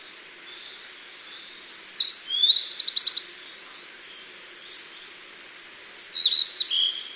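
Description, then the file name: Blue-and-white flycatcher singing: a clear whistled phrase followed by a quick series of repeated notes, then another whistled phrase near the end, with soft hiss throughout. "ooruri"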